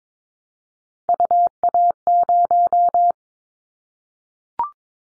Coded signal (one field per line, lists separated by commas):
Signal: Morse code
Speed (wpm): 22 wpm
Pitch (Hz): 700 Hz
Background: none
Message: UA0